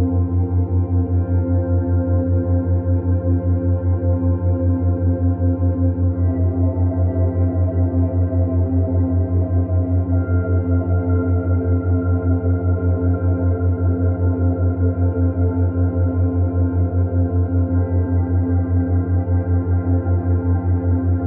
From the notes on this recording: soothing binaural beats ambient music sound